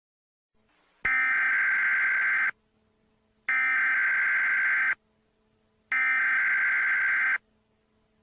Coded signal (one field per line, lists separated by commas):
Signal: Emergency Alert System (SAME) tones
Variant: header bursts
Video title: EAS Scenario #6: Unknown Number